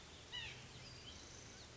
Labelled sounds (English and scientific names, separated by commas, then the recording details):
White-breasted Nuthatch (Sitta carolinensis)
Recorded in Sonoma County, California